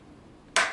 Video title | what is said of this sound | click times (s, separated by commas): My Smart Blinds Installation | going to hear snap and that's pretty much it now this is secure so that can't pop | 0.6 s